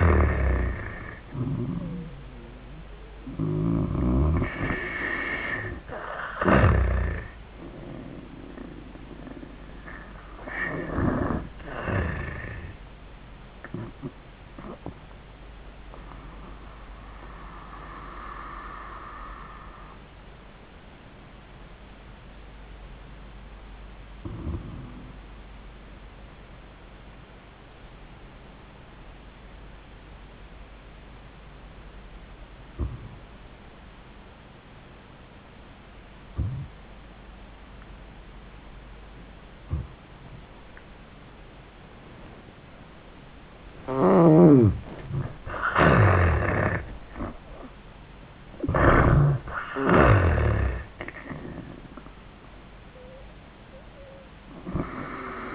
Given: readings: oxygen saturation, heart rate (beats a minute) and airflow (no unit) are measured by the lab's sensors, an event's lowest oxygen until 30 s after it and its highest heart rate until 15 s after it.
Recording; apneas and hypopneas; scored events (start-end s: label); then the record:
breathing in sleep by a voice recorder at the bedside; 1
13.00-55.55 s: new sleep stage, N1 (lightest sleep)
14.00-45.80 s: hypopnea (N1, oxygen 97% highest, then 78% lowest, heart rate 92 at the start, 101 highest)
From the record:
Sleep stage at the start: N2 (light sleep); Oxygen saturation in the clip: 74 to 97%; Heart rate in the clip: 77 to 101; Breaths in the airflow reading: 8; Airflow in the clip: -17.0 to 18.6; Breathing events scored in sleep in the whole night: 400 in 8.7 hours asleep